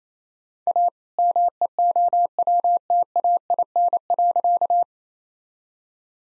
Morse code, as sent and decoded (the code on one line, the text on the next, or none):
.- / -- . --- .-- - .- .. -. .-.-.-
A MEOWTAIN.